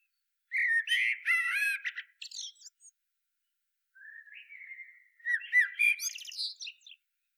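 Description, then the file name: Eurasian blackbird giving a loud burst of squeaky notes, a pause, then a thin rising note leading into more squeaky chattering. "Turdus merula"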